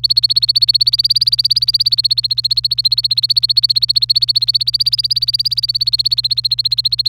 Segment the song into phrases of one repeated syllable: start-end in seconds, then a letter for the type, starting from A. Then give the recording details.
0.00-7.09 A. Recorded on 26 April 2018 at 07:00. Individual llb3